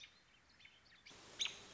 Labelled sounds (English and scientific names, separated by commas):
American Robin (Turdus migratorius)